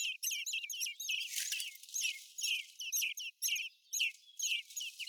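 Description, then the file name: Eurasian blackbird calls: short, high, descending chirps given in bursts, with a brief noisy rush of sound early on. "Turdus merula"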